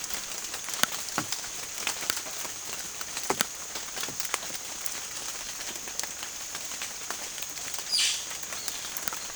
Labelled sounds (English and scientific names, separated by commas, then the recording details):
none
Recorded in secondary vegetation near Puerto Asís, Putumayo, Colombia, on 27 June 2025
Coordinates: 0.488, -76.319
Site G094